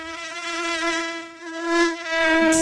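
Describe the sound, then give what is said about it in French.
A mosquito's thin, high-pitched whine drones steadily for a few seconds, wavering slightly in loudness and pitch, with no voices over it. “Vabona, votre arme contre les insectes.”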